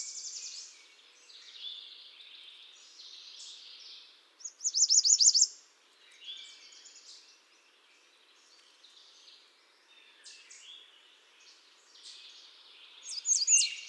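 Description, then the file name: American redstart song: a brief, high, sibilant run of rapid notes midway and another at the end, amid fainter busy twittering. "Setophaga ruticilla"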